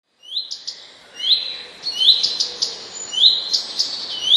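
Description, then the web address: Common redstart song: high, thin opening notes leading into quick scratchy twittering flourishes, several phrases in close succession. "wroblowe kolekcja pleszka"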